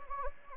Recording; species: mosquito wingbeat signal from an infrared sensor; Anopheles gambiae